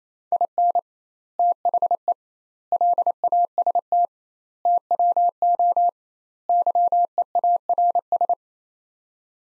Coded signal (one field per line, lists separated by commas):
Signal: Morse code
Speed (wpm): 27 wpm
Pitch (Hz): 700 Hz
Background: none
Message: IN THE LAST TWO YEARS